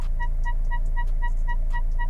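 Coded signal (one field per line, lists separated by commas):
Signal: none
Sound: parking sensor beeps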